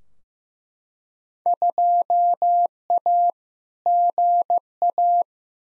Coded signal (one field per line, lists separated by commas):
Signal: Morse code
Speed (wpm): 15 wpm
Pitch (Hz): 700 Hz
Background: none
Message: 2A GA